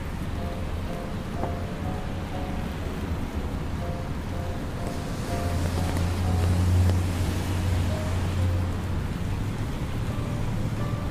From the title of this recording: Raining Day In New York